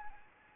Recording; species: mosquito wingbeat signal from an infrared sensor; Anopheles gambiae